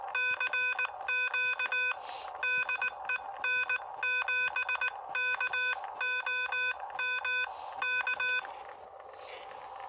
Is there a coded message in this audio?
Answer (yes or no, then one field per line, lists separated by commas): yes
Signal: Morse code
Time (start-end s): 0.1-8.4 s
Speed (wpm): 19 wpm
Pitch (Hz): 2500 Hz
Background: none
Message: CQ DE N7KOM K